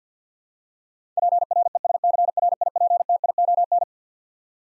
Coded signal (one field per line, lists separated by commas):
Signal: Morse code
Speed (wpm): 50 wpm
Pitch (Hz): 700 Hz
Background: none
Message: PRESCRIPTION